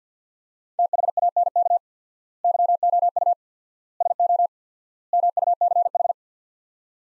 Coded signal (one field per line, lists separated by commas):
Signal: Morse code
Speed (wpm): 50 wpm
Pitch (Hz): 700 Hz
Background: none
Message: THANK YOU SO MUCH